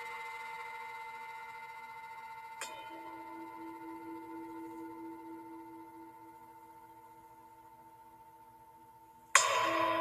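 A singing bowl rings with a sustained, shimmering tone that slowly fades over several seconds. Near the three-second mark a second strike adds a lower, steady hum beneath it. Just before the end, a sudden brighter, noisier burst cuts in and stays loud.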